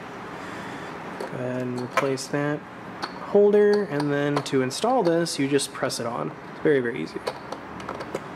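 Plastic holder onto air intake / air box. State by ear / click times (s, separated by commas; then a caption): not seated / none. A plastic holder is being handled on the air intake / air box of a 2011-2014 Ford F-150 3.5L EcoBoost after an air filter swap, done with no tools. Someone talks while the holder is pressed back on, with brief sharp ticks near 7.5 and 7.9 seconds. Nothing has seated or clicked yet; the clip ends just before the holder goes home.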